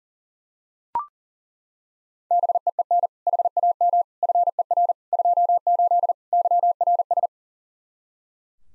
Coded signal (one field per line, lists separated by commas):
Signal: Morse code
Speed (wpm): 40 wpm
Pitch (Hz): 700 Hz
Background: none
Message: BEEN HAM FER 28 YRS